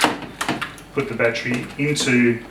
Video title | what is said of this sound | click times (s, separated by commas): Bionet Q-Series ECG Setup Video | You just line that up so the lock snaps into place. | 0.4 s, 0.5 s